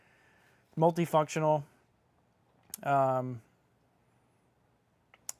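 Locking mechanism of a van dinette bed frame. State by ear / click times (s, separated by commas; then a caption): seated / 5.1 s, 5.3 s. Someone talks while a van dinette bed frame, a Lone Star Dinette Bed System, is opened and locked into position. The locking mechanism gives a quick double click at 5.1 s and 5.3 s as the frame locks into place.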